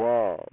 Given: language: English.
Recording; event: throat vibration sensor signal played as sound; speech